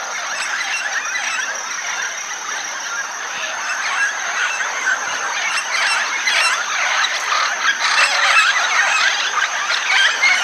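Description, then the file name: Red-tailed amazons calling together, a rough, continuous wall of overlapping raspy shrieks that swells slightly toward the end, over a constant high-pitched hum. Recorded at Itanhaém, São Paulo state, Brazil. "Amazona-brasiliensis 3-RCastro-Itanhaem SP. ASilveira"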